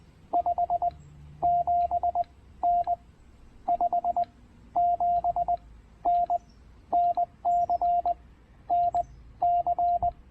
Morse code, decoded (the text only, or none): 5 7N 5 7N NC NC